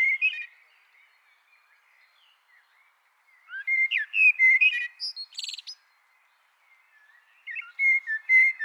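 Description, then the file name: Common blackbird singing mellow fluted phrases separated by quiet gaps, with a brief high buzzy sound after the middle phrase. "Turdus merula"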